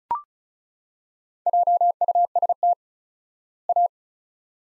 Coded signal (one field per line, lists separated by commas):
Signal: Morse code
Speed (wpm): 36 wpm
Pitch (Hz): 700 Hz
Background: none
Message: JUST A